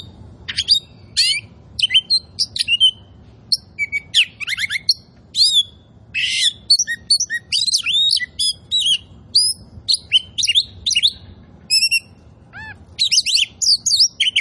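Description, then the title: Oriental magpie-robin song of rapid, varied chirps, slurred whistles and scratchy notes, nearly continuous with brief pauses and a few repeated clear tones. Sings energetically and continuously (gacor). "Kacer Poci"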